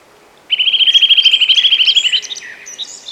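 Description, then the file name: Eurasian nuthatch delivering a loud rapid trill of clear whistled notes for almost two seconds, trailing off into softer chattering at the end. "Sitta europaea"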